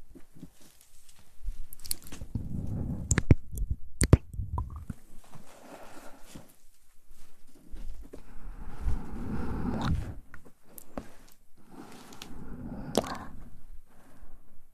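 Wet mouth sounds fill the recording, with soft chewing and squishy textures in uneven bursts. Sharp clicks and pops cut through around 3 to 4 seconds, again near 10 and 13 seconds.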